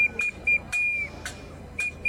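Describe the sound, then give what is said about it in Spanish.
A whistle blown by a protester at the Congress in a series of short, shrill, steady-pitched blasts, one held longer, with sharp knocking hits from two tuna cans sewn to her vest, struck roughly in time between them. “un hilo que ella misma cosió a un chaleco, del cual le cuelga de todo, de la misma manera que cosió dos latas de atún para poder golpear al compás de su pitido mientras permanece toda la tarde minando fijo al Congreso.”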